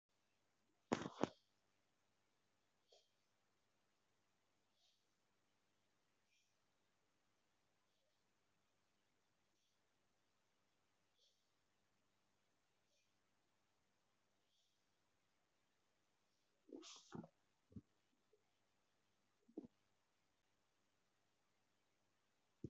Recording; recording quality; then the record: deep breathing; moderate, slight background noise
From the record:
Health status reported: healthy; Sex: female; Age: 27 years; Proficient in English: yes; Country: India